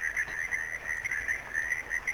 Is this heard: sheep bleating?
no